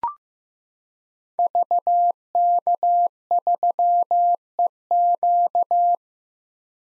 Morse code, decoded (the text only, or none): VK3EQ